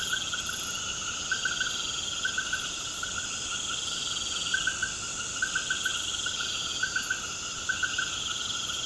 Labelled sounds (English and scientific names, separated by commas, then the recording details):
none
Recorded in pastures near Puerto Asís, Putumayo, Colombia, on 24 March 2025 at 20:00
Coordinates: 0.472, -76.329
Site G074